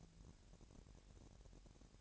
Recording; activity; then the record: daily activity, microphone in the room; take from stove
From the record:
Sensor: 2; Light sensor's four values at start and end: 75/178/73/72 and 75/178/74/72